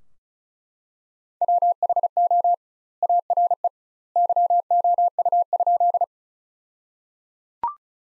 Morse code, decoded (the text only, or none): WHO ARE YOU?